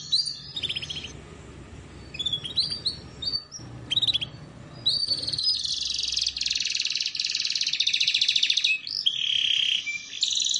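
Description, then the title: Canary singing quick chirps and downslurred notes above a low hum, then a sustained rapid trill and bright, repeated whistled notes. Belgian canary; song used to warm up and train canaries, a tutor recording for young canaries learning song. "Canto Para Esquentar Canário Belga. Terapi Pancingan Suara Kenari Gacor || Masteran Kenari Paud Belajar Bunyi"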